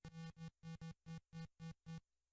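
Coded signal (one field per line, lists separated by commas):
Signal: none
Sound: arcade game music beeps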